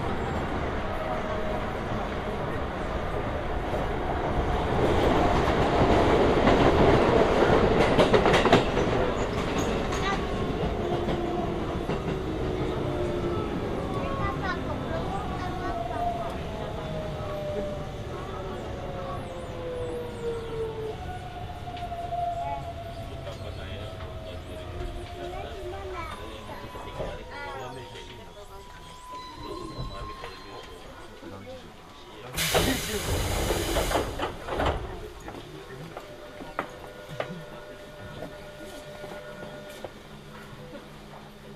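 A ride on the Hokuso Railway into the Toei Asakusa Line, the train's low rumble steady throughout. Motor whine rises and falls in sliding tones, loudest around five to nine seconds, with a short burst of hiss near thirty-three seconds and faint voices underneath.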